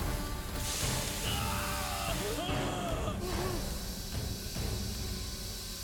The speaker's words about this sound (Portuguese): Não é vapor de água. É ácido!